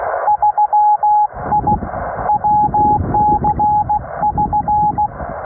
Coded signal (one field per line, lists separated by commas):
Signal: Morse code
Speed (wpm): 16 wpm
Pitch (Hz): 840 Hz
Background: radio noise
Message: 3I WC<SN>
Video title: City of Rocks State Park, New Mexico - WINTER FIELD DAY!!!